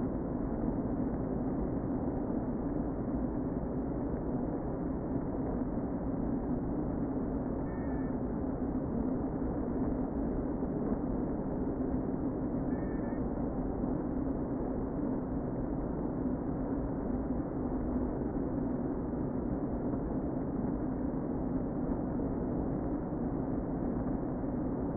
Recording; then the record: honeybee colony, microphone inside the hive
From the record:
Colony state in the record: queen present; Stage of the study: before two queens were removed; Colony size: about 60,000 bees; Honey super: yes